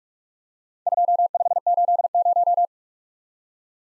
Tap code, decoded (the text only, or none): none